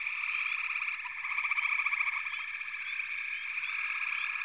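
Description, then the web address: Many frogs trilling at once in a thick, buzzing chorus, with scattered short rising chirps. "Natures Songs Nature Sounds The Natural Sounds of the Wilderness 10 CDs collection Echoes of Nature - Sampler 08 Frog Chorus"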